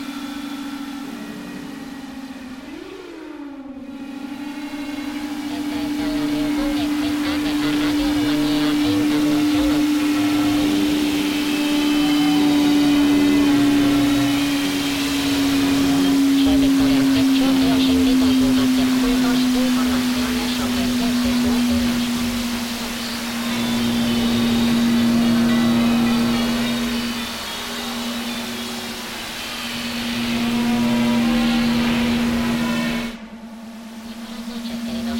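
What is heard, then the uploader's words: Radio static from a receiver, a dense hiss and crackle filling the whole recording. A strong steady low tone hums underneath, sliding slightly lower over time, with faint voice-like fragments in the noise. Brief dropouts to silence occur near four seconds and again near thirty-three. More radiowave exploration during the lunar eclipse.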